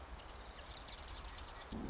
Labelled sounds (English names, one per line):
Marsh Wren